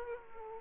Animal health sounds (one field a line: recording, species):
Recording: mosquito wingbeat signal from an infrared sensor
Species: Aedes aegypti